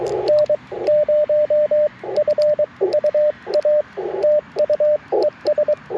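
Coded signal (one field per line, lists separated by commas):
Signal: Morse code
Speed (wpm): 23 wpm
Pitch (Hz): 600 Hz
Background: radio noise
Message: N0FUA TU ES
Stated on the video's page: Live QRP CW Parks on the Air activation in a national forest, sent with paddles on an Icom IC-705 into a vertical antenna.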